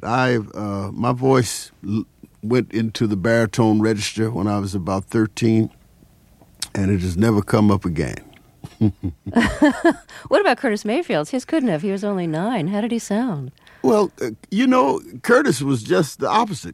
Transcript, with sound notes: my voice went into the baritone register when I was about 13, and it has never come up again.
(LAUGHTER)
What about Curtis Mayfield? His couldn't have. He was only 9. How did he sound?
Well, you know, Curtis was just the opposite.